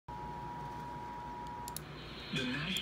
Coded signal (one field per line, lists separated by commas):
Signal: Emergency Alert System (SAME) tones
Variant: 853 and 960 Hz attention tone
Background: speech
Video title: Severe Thunderstorm Warning (EAS #224)